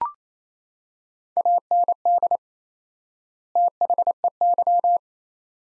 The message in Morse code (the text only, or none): AND THEY